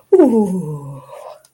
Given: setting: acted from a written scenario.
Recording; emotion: vocal sound without words; contentment